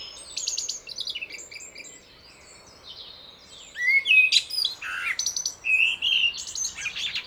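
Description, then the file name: Common blackbird delivering busy song, with thin high twittering throughout and mellow whistled notes swooping up and down in the middle. "Turdus merula"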